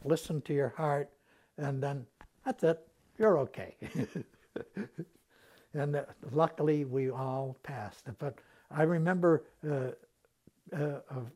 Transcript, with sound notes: Listen to your heart and then that's it, "You're okay." [Laughs] And luckily we all passed, but I remember a